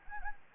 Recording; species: mosquito wingbeat signal from an infrared sensor; Anopheles gambiae